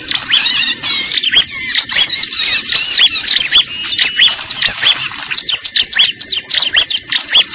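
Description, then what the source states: Bar-winged prinia calling: rapid, thin, high squeaky chirps crowd together in a busy chatter that hardly pauses, easing slightly toward the end. Lure call used for trapping (pikat).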